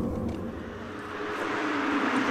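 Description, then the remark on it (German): A train rushes past at an underpass leading to a lake, a steady broad roar with deep rumbling that slowly swells louder over a couple of seconds, with no voices. “An der Unterführung zum See rauscht die Bahn vorbei.”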